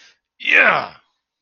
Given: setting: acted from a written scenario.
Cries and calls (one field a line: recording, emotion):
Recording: vocal sound without words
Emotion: pride